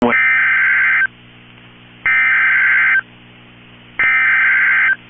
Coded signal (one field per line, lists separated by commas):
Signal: Emergency Alert System (SAME) tones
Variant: header bursts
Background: speech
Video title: Tornado Warning (St. Croix County, WI) (5/15/25) [EAS #156]